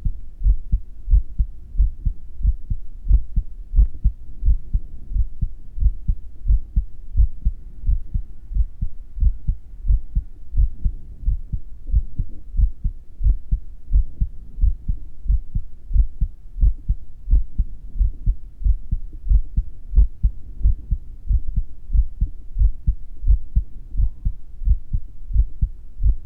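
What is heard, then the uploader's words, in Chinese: A heartbeat thumps steadily and fast, roughly two to three beats a second, each a low, muffled pulse with occasional brighter ticks. The rhythm stays regular for the whole stretch, over a constant low hum, with faint breathing possibly blended underneath. 心跳 & 呼吸 ASMR，建議戴上耳機聽。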